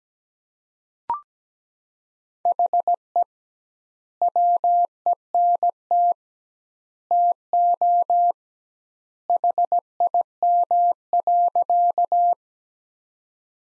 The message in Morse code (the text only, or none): HE WENT TO HIM.